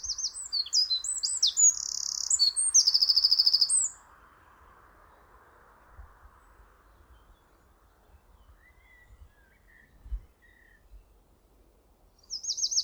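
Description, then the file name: Eurasian wren song, a rapid, loud, high-pitched outburst of trills and warbles, then quiet, a new burst starting at the end. "Troglodytes troglodytes"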